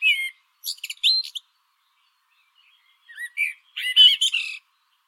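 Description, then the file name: Common blackbird song phrases: a fluty note then a burst of high scratchy twitters, heard twice within a few seconds. "Turdus merula"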